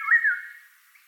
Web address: golden oriole voice